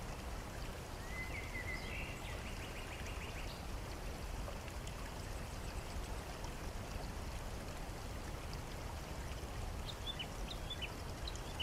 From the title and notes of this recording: Waterfall and Birds. There is a big waterfall nearby, the water falls deep into a lake and birds are flying all around.